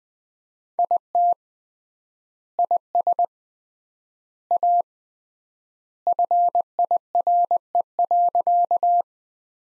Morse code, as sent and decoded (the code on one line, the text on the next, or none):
.. - / .. ... / .- / ..-. .. .-. . .-.-.-
IT IS A FIRE.